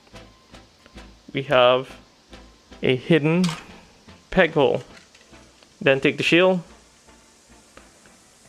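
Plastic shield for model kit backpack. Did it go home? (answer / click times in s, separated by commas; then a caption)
no / none. Someone talks while picking up the plastic shield for an MG RX-78-2 Gundam 3.0 model kit and moving it into position near the backpack's hidden peg hole. Faint handling taps are heard at about 0.9, 5.2, 5.6 and 7.8 seconds. The peg has not yet been lined up, and nothing has seated or clicked.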